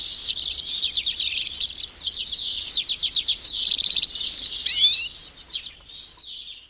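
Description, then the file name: Hoary Redpoll uttering a rapid stream of high, dry chattering notes, building into a buzzier burst before tapering off into scattered calls. 3 February 2009. "2009-02-03 Hoary Redpoll"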